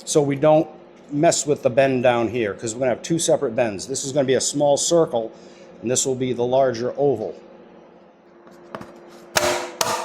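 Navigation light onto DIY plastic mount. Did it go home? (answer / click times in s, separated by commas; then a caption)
yes / 9.4 s, 9.8 s. Someone talks while fitting a navigation light for a Minn Kota Raptor onto a DIY plastic light mount. After a quieter stretch, two sharp clicks ring out at 9.4 s and 9.8 s as the light seats onto the mount.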